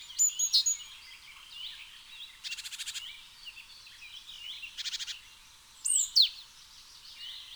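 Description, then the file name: Eurasian blue tit giving two short, dry, rattling churrs, with a few sharp high notes before and after. "Cyanistes caeruleus"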